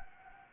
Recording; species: mosquito wingbeat signal from an infrared sensor; Anopheles gambiae